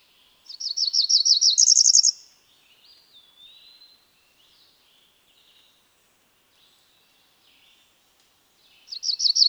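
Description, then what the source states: Cerulean warbler song: a rapid run of buzzy high notes climbing into a higher buzz, repeated after a long pause, with faint slurred whistles between. Female.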